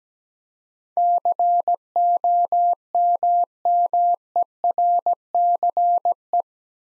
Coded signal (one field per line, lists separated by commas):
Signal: Morse code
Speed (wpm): 17 wpm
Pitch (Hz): 700 Hz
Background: none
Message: COMMERCE